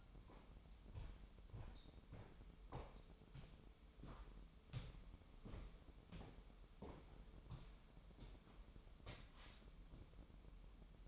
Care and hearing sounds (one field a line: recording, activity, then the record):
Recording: daily activity, microphone in the room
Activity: walk to room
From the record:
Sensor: 1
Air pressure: 988.3 hPa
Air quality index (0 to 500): 197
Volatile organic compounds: 1000 ppm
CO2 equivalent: 5288 ppm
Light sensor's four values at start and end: 26/97/37/39 and 26/96/36/38